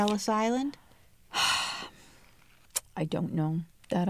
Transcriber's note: sighs